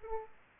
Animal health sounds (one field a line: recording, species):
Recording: mosquito wingbeat signal from an infrared sensor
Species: Aedes aegypti